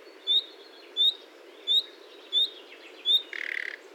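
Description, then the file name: Common nightingale giving five clear whistles at a steady pace, then a rough grating churr near the end. "Luscinia megarhynchos"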